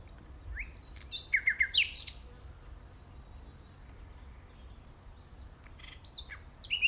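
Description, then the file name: Common nightingale song: quick varied chirps and repeated notes in a short burst near the start, a quiet interval, then notes returning at the end. "Luscinia megarhynchos"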